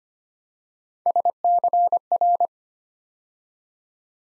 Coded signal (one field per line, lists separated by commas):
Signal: Morse code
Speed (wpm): 25 wpm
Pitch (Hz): 700 Hz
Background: none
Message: SCR